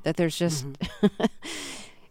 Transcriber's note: soundbite of laughter